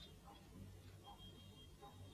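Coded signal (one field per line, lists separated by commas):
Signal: none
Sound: a device's startup beeps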